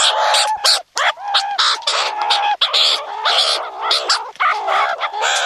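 Meerkat rasping chatter, dense and hoarse with a few clearer tonal notes, nearly unbroken throughout.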